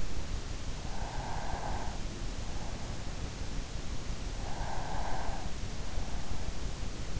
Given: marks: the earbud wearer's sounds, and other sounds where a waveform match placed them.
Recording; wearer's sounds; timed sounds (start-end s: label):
sounds in sleep by an in-ear microphone; breath
0.72-2.44 s: breath
4.44-5.69 s: breath